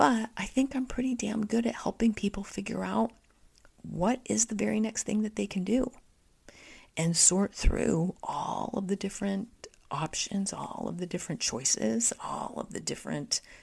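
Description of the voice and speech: An adult woman speaks at an ordinary pace. Her voice turns creaky and tight in the second half, with hard glottal onsets, stretched vowels and rough, fading word endings. This fits spasmodic dysphonia, a neurological voice disorder where vocal fold spasms strain and break the voice; she developed it in the first quarter of 2023 after a period of extreme tiredness.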